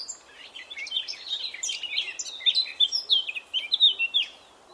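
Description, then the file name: Eurasian blackcap song: a fast, rich warble of varied whistled and chattering notes between mid and high pitch, growing stronger in its second half over faint background hiss. "Sylvia atricapilla"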